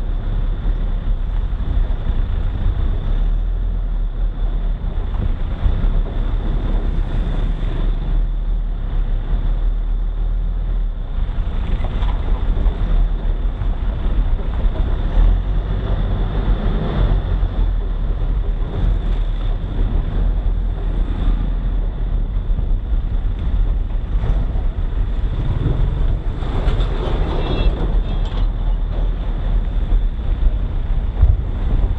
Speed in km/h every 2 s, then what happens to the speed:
9, 9, 9, 10, 9, 8, 10, 12, 14, 17, 16, 15, 12, 16, 17, 18.
0-11 steady at about 9. 11-17 speeds up to 17. 17-24 steady at about 15. 24-32 speeds up to 18.